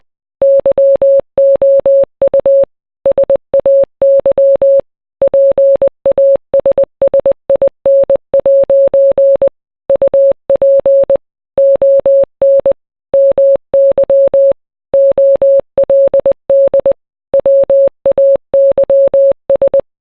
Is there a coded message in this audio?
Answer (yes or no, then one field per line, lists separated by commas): yes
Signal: Morse code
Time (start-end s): 0.4-19.8 s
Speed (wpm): 20 wpm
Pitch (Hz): 550 Hz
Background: none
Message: YOU SAY PASSIN' UP ON MY OLD WAYS